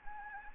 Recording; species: mosquito wingbeat signal from an infrared sensor; Anopheles gambiae